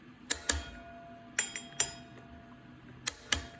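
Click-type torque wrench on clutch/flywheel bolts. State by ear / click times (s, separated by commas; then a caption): torque reached / 0.3 s, 0.5 s, 3.1 s, 3.3 s. A click-type torque wrench tightens bolts in a criss-cross pattern on the clutch and flywheel assembly of a Ford 428 FE engine, clicking as each bolt reaches its set torque. Sharp clicks land at 0.3, 0.5, 3.1 and 3.3 seconds, with two more sharp knocks at about 1.4 and 1.8 seconds over a quiet background hum.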